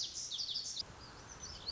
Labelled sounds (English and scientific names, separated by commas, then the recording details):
Lazuli Bunting (Passerina amoena)
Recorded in Sonoma County, California